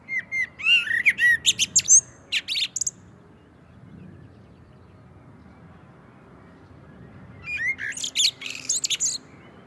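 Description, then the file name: Common blackbird song: two phrases several seconds apart, each with fluty warbling notes and a high, squeaky flourish, and quiet between them. "Turdus merula"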